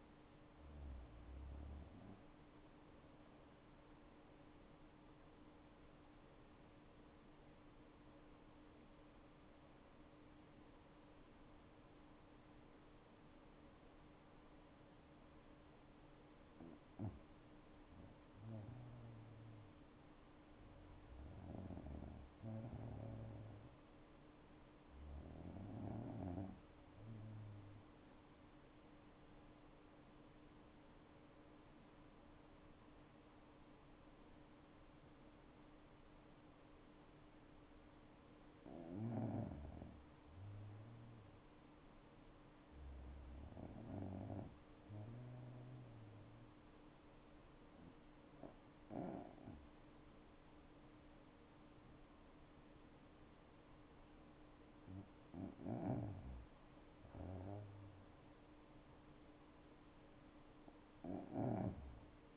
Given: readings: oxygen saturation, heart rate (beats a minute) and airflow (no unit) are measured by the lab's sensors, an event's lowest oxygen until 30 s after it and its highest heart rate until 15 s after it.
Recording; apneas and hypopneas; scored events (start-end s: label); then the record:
breathing in sleep by a voice recorder at the bedside; 2
6.00-20.00 s: hypopnea (REM, oxygen 98% highest, then 94% lowest, heart rate 69 at the start, 70 highest)
31.00-42.80 s: hypopnea (REM, oxygen 96% highest, then 93% lowest, heart rate 64 at the start, 67 highest)
From the record:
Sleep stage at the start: REM sleep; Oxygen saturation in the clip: 90 to 98%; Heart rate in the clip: 63 to 70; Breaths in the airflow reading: 8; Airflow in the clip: -8.1 to 13.2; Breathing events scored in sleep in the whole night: 228 in 5.4 hours asleep